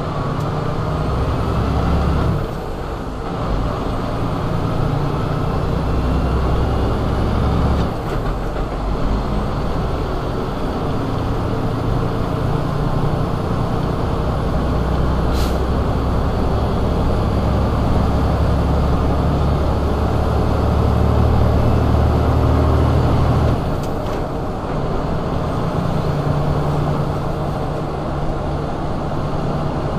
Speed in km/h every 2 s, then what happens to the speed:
24, 27, 31, 35, 39, 40, 44, 47, 50, 53, 55, 56, 58, 60, 60.
0-19 speeds up to 55. 19-30 steady at about 58.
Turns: none.